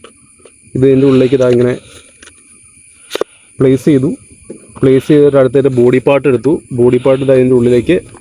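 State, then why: Not seated. A plastic body section of a toy rifle is being handled and brought up to the stock while someone talks, with a few faint handling taps and a sharp double tick near 3.2 s. The part has not yet been pushed on, so nothing has seated or clicked yet.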